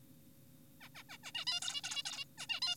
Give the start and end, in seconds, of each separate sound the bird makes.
0.81-0.89, 0.95-1.03, 1.10-1.18, 1.24-1.32, 1.35-1.45, 1.47-1.60, 1.62-1.81, 1.84-2.03, 2.06-2.25, 2.38-2.47, 2.50-2.60, 2.62-2.76